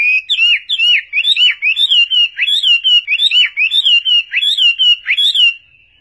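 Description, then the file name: Chinese hwamei repeating a rich, bouncing whistled phrase many times, the phrase varying slightly, before falling quiet. Combination of song phrases (tembakan). "kombinasi tembakan huamei"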